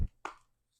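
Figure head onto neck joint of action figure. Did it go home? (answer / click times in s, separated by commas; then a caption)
yes / 0.2 s. The battery-loaded head of a STAR ACE Ghostbusters Zuul Deluxe Version collectible figure is pushed back onto its neck joint. After a soft low thump at the start, a sharp plastic snap comes at 0.3 s and fades quickly, with the head seated in place.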